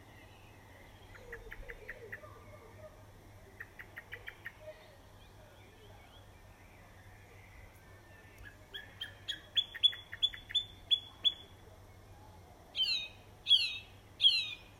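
Birds call in a garden over a low, steady hum. Quick runs of soft chirps come around one and four seconds, then a brighter bird repeats sharp notes from about eight seconds, ending with three loud calls near the end.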